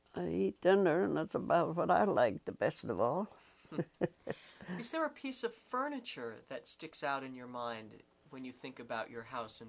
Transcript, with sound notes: I eat dinner and that's about what I like the best of all. [Laughs]
Is there a piece of furniture that sticks out in your mind when you think about your house in Wales?